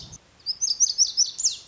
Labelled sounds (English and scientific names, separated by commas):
Lazuli Bunting (Passerina amoena)